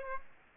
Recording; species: mosquito wingbeat signal from an infrared sensor; Aedes aegypti